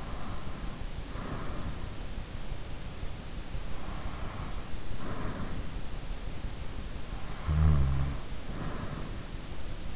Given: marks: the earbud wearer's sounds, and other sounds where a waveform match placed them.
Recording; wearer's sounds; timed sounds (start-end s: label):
sounds in sleep by an in-ear microphone; breath, snoring breath
0.00-2.28 s: breath
3.72-5.73 s: breath
7.33-9.18 s: snoring breath